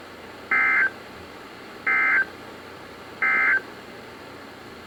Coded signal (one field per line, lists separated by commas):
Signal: Emergency Alert System (SAME) tones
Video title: EAS #459-#485: No Rest! | KHB36, WXM42, WNG736, KEC83, & WXK97